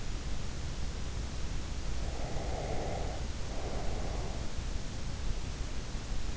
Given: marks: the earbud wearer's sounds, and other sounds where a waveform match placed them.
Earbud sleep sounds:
sounds in sleep by an in-ear microphone; breath
2.08-4.42 s: breath

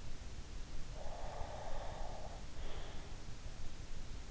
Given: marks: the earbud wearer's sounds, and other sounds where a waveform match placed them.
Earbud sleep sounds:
sounds in sleep by an in-ear microphone; breath
0.94-3.33 s: breath

